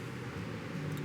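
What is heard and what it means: A Mercedes-Benz key fob's circuit board is being slid back into its plastic key shell with the buttons facing out. Only a steady, low, rumbling background noise is heard. Nothing has seated or clicked yet.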